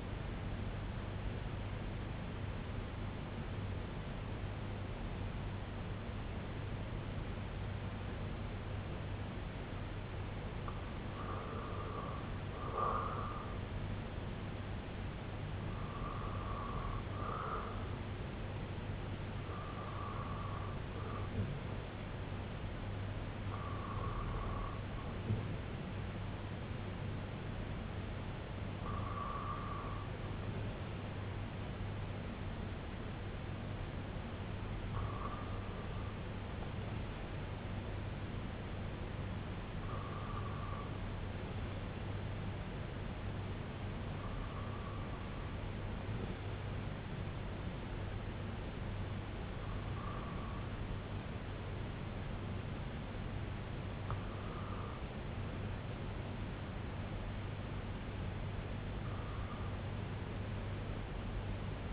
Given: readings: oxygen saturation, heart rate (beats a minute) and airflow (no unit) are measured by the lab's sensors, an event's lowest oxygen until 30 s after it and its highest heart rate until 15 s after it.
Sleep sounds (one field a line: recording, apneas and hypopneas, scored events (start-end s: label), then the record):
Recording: breathing in sleep by a voice recorder at the bedside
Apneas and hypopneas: 1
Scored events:
3.00-23.10 s: hypopnea (N1, oxygen 96% highest, then 89% lowest, heart rate 75 at the start, 75 highest)
37.00-61.93 s: new sleep stage, N2 (light sleep)
From the record:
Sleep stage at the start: N1 (lightest sleep)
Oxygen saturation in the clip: 89 to 96%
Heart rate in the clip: 61 to 86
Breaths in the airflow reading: 10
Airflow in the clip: -5.7 to 3.3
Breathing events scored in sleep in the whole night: 258 in 7.4 hours asleep